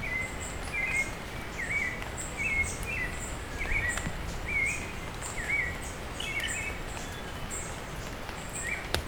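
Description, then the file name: Bird calls, sharp chirps repeated at a loose rhythm with high notes above, rain falling on leaves and occasional drips. "Hi-Fi Nature Sounds - Beautiful Bird Call with Rain on Leaves"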